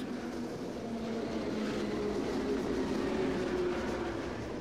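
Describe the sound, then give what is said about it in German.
An S-Bahn commuter train rumbles and rattles steadily, a continuous low droning roar with faint humming tones drifting underneath, holding an even loudness throughout with no voices. “Ich nehme das Rattern der S-Bahn mit in den Schlaf.”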